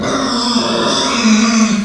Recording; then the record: squeal of a Yucatan mini pig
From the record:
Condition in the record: after surgery on the right vocal fold (resection and tissue-engineered implant); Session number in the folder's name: 14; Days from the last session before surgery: 133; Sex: female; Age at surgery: 19 weeks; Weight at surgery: 25 kg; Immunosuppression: prednisolone